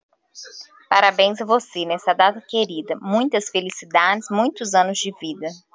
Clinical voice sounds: short text; Brazilian Portuguese; female; 30 to 39 years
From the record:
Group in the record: control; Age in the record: 35 years

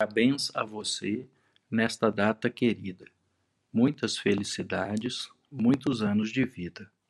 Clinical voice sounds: short text; Brazilian Portuguese; male; 50 to 59 years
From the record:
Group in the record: control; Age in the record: 50 years

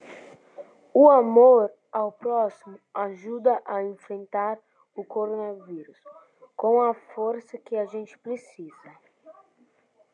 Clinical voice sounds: spoken sentence; Brazilian Portuguese; female; 40 to 49 years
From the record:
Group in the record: control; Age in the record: 46 years

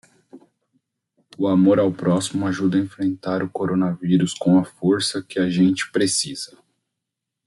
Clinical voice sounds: spoken sentence; Brazilian Portuguese; male; 30 to 39 years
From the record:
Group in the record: control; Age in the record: 35 years

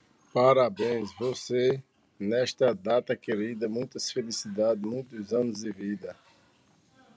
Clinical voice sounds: short text; Brazilian Portuguese; male; 40 to 49 years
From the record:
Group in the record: control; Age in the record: 44 years

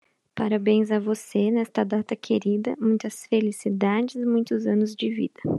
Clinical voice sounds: short text; Brazilian Portuguese; female; 30 to 39 years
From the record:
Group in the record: control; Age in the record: 32 years

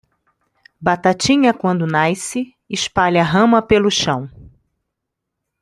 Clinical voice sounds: short text; Brazilian Portuguese; female; 20 to 29 years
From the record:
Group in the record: control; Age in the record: 20 years

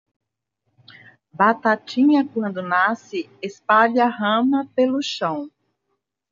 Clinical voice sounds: short text; Brazilian Portuguese; female; 60 to 69 years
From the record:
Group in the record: control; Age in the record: 61 years

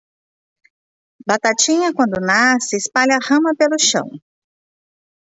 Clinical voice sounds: short text; Brazilian Portuguese; female; 30 to 39 years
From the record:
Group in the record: control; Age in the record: 39 years

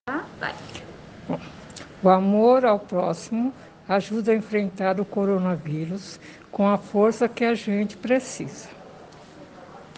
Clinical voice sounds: spoken sentence; Brazilian Portuguese; female; 60 to 69 years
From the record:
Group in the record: respiratory insufficiency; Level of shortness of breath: 5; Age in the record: 65 years

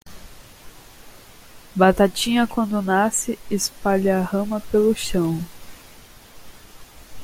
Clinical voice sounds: short text; Brazilian Portuguese; female; 30 to 39 years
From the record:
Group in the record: control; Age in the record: 30 years

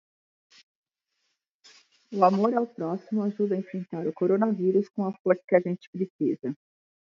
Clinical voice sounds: spoken sentence; Brazilian Portuguese; female; 40 to 49 years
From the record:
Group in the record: control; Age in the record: 47 years

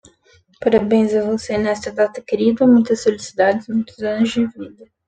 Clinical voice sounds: short text; Brazilian Portuguese; female; 20 to 29 years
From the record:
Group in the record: control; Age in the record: 27 years

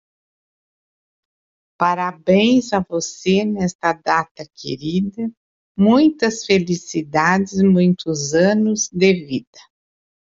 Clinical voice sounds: short text; Brazilian Portuguese; female; 60 to 69 years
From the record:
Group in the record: control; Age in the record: 66 years

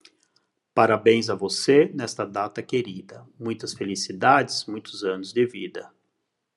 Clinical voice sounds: short text; Brazilian Portuguese; male; 40 to 49 years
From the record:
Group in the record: control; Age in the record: 48 years

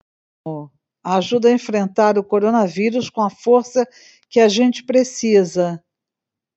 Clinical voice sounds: spoken sentence; Brazilian Portuguese; female; 70 to 79 years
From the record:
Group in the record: control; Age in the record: 70 years

